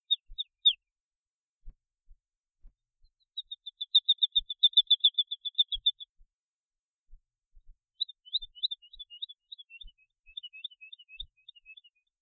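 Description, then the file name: Woodlark singing: a few opening notes, a quick even run of repeated notes, then a looser series of descending slurred whistles. "trädlärka"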